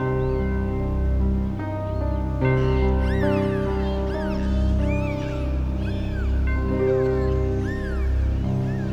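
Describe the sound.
Dolphin whistles, several arching and rising-falling squeals over a steady synthesized music backing with sustained low chords.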